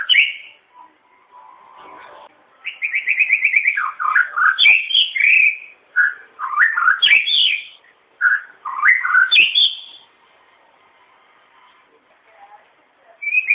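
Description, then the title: White-rumped shama song: a rapid stuttering trill leads into loud varied whistles and warbles, phrase after phrase, then a quiet pause before a final note. "murai batu"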